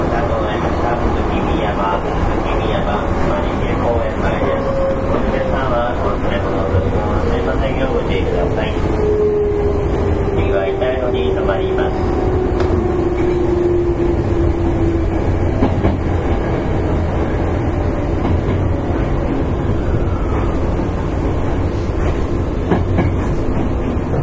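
Running sound recorded aboard a electric commuter train, a steady, dense low rumble of wheels and motors that holds level throughout. A faint whine slides gradually downward from about four to fifteen seconds, with soft murmuring voices in the cabin behind.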